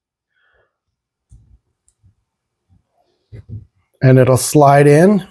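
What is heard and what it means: An attachment is stuck into the slot on a Worx 2 in 1 tool body, pulled down and lined up before it slides in and locks. Only quiet handling sounds are heard in the first four seconds, then someone talks; nothing has seated or clicked yet.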